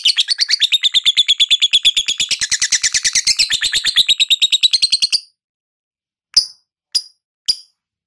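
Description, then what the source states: Lovebird ngekek trill, a rapid high chattering stream for about five seconds, followed by three separate short sharp squeaks. Lovebird ngekek trill, described as auto gacor.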